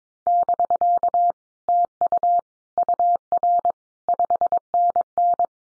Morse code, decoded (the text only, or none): <BK> TU UR 5NN